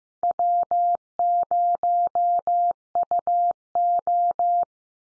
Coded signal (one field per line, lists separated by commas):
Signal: Morse code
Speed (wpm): 15 wpm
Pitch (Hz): 700 Hz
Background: none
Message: W0UO